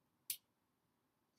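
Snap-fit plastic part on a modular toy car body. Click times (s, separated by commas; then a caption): 0.3 s. A snap-fit plastic part is pulled off the body of a modular toy car, giving a single sharp, bright click at 0.3 s that stands well above a quiet background. The part snaps off and comes free.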